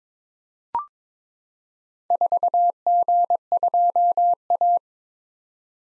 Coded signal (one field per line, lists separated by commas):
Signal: Morse code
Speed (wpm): 22 wpm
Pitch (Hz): 700 Hz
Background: none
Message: 4G2A